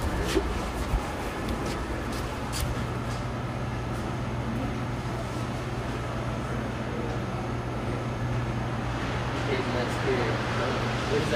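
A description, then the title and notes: At a gas station, a steady low engine hum runs throughout under murmured voices, with a few sharp clicks and knocks near the start. A brain tingly visit to a gas station.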